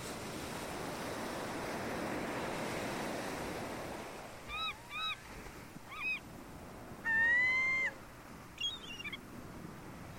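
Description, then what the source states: Gull calls after rushing ocean surf: a few short yelping notes, then one longer wailing call and a last short call. Seagulls calling over ocean surf.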